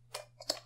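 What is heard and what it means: The spring-loaded plastic holding tab on a Samsung Gear VR headset is held back, placed under the phone and released, so it slaps the phone against the headset. Two sharp clicks are heard at about 0.2 s and 0.5 s, with a fainter tick between them, and the phone is seated.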